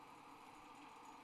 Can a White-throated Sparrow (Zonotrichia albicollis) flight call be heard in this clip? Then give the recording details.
no. No flight call is heard. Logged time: 00:08 on 30 November 2014